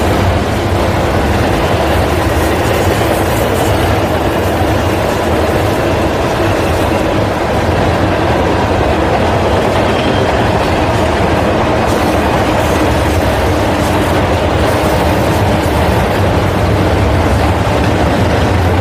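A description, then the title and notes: A train runs along the tracks in a steady, dense roar that holds level for the whole stretch. The sound sits mostly low and mid, with a constant rumble and fine rattling grit on top, and no distinct clacks or horn blasts stand out. Train On Tracks.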